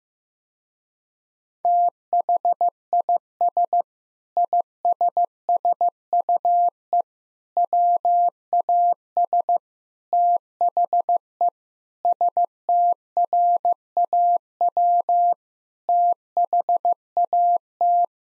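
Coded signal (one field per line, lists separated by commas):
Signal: Morse code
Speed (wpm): 16 wpm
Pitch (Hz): 700 Hz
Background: none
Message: THIS ISSUE WAS THE STRAW THAT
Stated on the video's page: Morse practice at 15 wpm: sentences containing common seven-word phrases for head-copy, each sentence sent twice.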